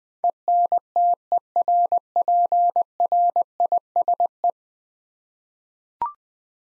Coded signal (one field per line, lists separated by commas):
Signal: Morse code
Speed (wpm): 20 wpm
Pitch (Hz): 700 Hz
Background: none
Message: ENTERPRISE